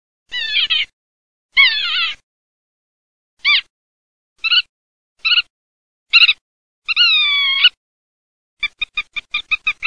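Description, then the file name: Godwit calls: a series of nasal, harmonic-rich notes in short separate bursts, one longer drawn-out call, then a rapid run of clipped notes at the end. "PITTIMA"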